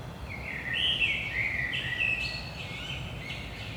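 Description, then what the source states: Common blackbird song phrase: rich, wandering fluted notes followed by scratchy high twittering, against a background of low steady hum. Blackbird singing early morning, 5 am, Saint-Gilles, Belgium; recorded with DPA 4060 microphones in AB position into a Zoom F3.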